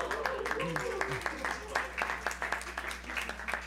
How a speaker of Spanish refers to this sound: también a quien les pido un aplauso maravilloso.